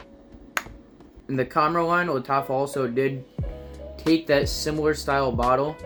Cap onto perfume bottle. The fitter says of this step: See that little click